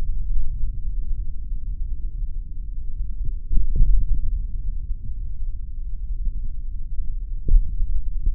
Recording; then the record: forearm muscle sounds (acoustic myography)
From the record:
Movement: finger pinch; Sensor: system 3, bracelet of six PUI Audio POM-2738L microphones around the upper forearm, with dedicated amplification and filtering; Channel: 4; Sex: male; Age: 26 years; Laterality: right